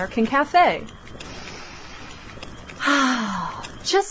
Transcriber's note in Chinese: Deep inhale